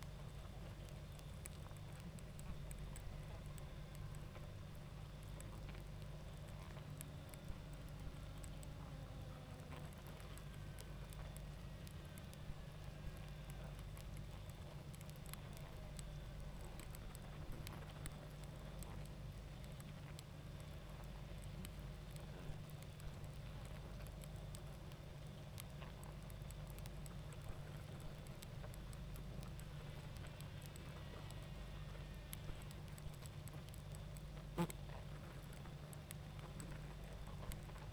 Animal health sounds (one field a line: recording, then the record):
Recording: honeybee colony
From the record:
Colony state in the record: active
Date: 28 July 2017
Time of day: 21:07